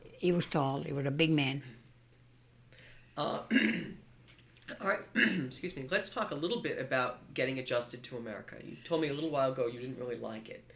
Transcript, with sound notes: He was tall. He was a big man. ( he clears his throat )
Excuse me. Let's talk a little bit about getting adjusted to America. You told me a little while ago you didn't really like it.